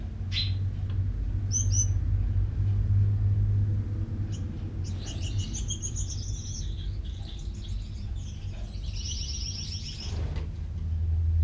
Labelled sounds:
Common Chaffinch

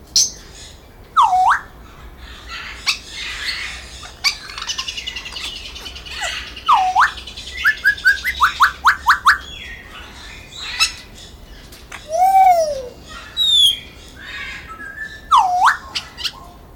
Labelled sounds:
Grey Parrot call

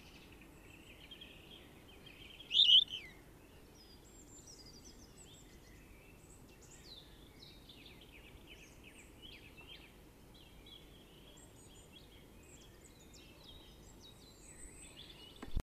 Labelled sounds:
European Robin song

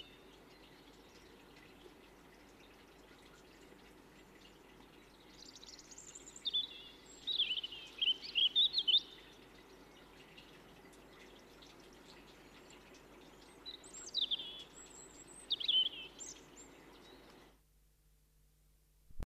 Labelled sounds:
European Robin song

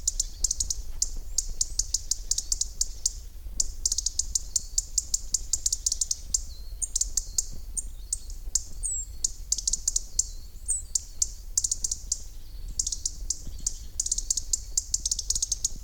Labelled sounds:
European Robin call

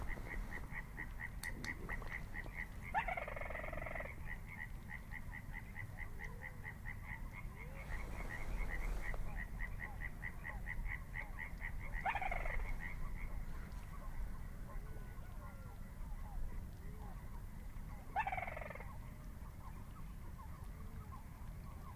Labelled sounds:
Little Crake song

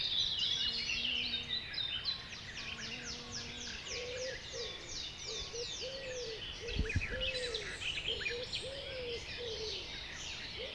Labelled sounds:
Common Cuckoo call

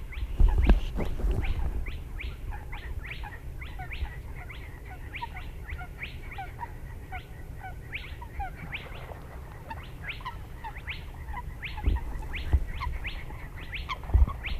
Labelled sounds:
Spotted Crake

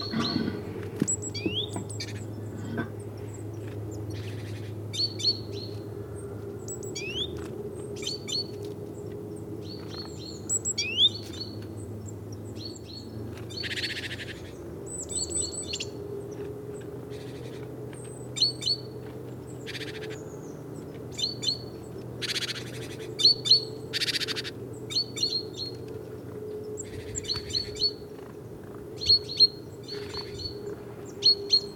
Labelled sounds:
Great Tit call

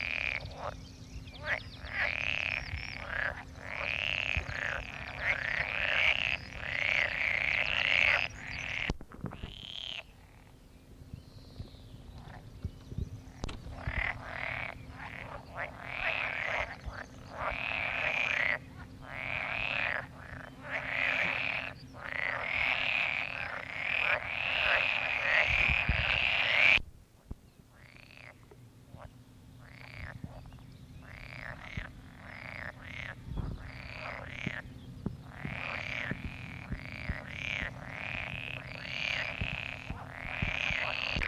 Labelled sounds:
Pool Frog call

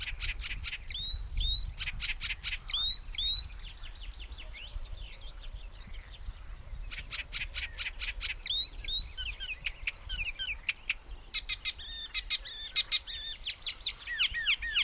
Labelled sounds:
Icterine Warbler song

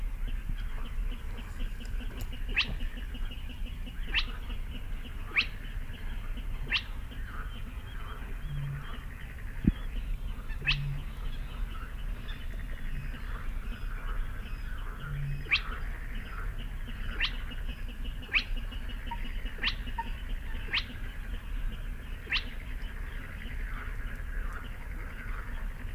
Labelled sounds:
Spotted Crake

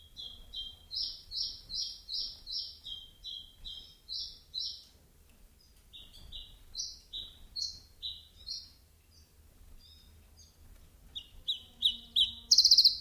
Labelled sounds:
Common Chiffchaff

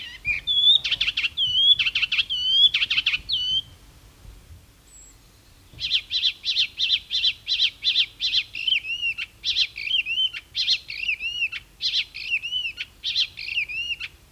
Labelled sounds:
Icterine Warbler song

